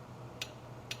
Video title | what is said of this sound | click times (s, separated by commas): How to Check Main Bearing Clearance and Torque Main Cap Studs on a Small Block Chevy! #howto | he that little pop and click that is the torque wrench telling you you've hit your torque writing | 0.4 s, 0.9 s